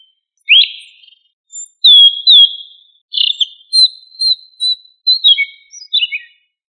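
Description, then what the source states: Thrush song: a series of clear, whistled phrases, some rising and some falling, in short bursts with brief pauses between. Thrush of the family Turdidae, locally called sabiá.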